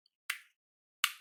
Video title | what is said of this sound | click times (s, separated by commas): How to Install SSD & Keyboard in Laptop - use SSD and HDD together in Laptop -Setup Sata SSD#ssd+hdd | देखिए ये lock हो गया, पूरा DVD writer जैसा बन गया। | 0.3 s, 1.0 s